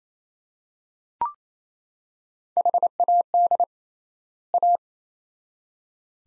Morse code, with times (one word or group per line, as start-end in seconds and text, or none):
2.6-3.6 HAD
4.5-4.8 A